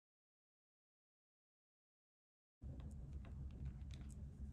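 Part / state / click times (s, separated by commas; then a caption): small flex or coax connector onto a phone circuit board / not seated / none. During reassembly of a Motorola Edge+ 5G UW (2022) phone, a small flex or coax connector (or cable clip) on the right-hand side is being pressed down onto its circuit-board socket. The clip is silent until about 2.6 s, then a steady low rumble with faint handling ticks around 2.8, 3.2, 3.9 and 4.1 s. The connector has not snapped into place yet; nothing has seated.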